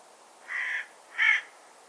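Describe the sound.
Bird giving two hoarse, drawn-out caws, the second louder and a little shorter than the first.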